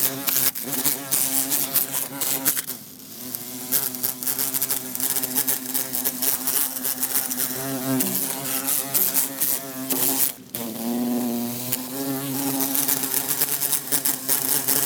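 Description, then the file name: Bumblebee buzzing, a steady low droning hum that wavers in pitch, with sharp ticks and taps; the buzz dips briefly twice. Trying to escape through a closed window. "Bumblebee trying to escape thru closed window"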